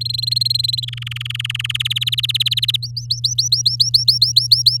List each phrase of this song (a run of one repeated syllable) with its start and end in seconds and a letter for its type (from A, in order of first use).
0.01-0.85 A, 0.88-1.77 B, 1.79-2.77 C, 2.82-4.77 D